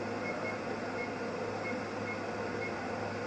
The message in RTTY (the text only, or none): none